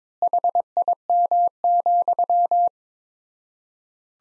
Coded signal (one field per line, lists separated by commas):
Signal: Morse code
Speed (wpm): 21 wpm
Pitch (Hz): 700 Hz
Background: none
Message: HIM,